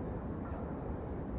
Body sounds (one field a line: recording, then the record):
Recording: background sound without coughing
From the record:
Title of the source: Train Ride Ambience ambient white noise for sleeping, focus, studying, reading